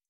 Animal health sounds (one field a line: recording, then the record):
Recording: hydrophone in a shrimp aquaculture tank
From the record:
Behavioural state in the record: feeding